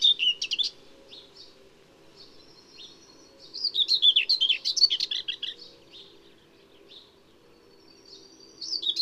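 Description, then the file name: Common whitethroat, scratchy high warbling phrases: a short burst at the start, a longer jerky chatter in the middle, and another starting at the end, with soft notes between. "whitethroat"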